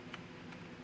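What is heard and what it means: A fixed-blade Ka-Bar TDI knife is pushed into a custom American-flag Kydex sheath, and the strong retention catches. A soft, muffled click like a little thump is heard at 0.1 s over a steady low background hum. The knife is seated in the sheath.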